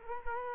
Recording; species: mosquito wingbeat signal from an infrared sensor; Culex quinquefasciatus